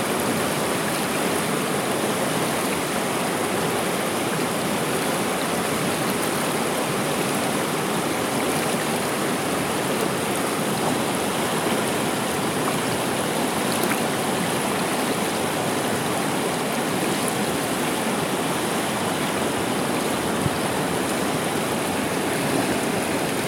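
Rain falls and a stream flows in a steady, dense rush of water that holds an even level for the whole stretch. The sound is full and hissing, bright on top with little low rumble, and no separate events stand out from the constant wash.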